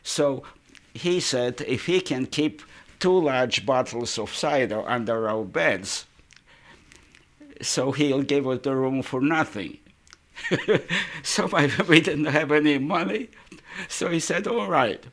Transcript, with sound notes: So he said if he can keep two large bottles of cider under our beds, so he'll give the room for nothing. ( he laughs ) So we didn't have any money, so he said, "All right."